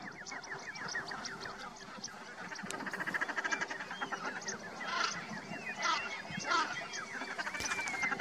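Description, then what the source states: Common Shelduck calls, a busy chorus of bright repeated piping notes in quick runs. Spring courtship calls of males, bright 'pjup' notes, recorded at Marstrand.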